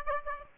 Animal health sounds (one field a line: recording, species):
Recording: mosquito wingbeat signal from an infrared sensor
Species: Aedes aegypti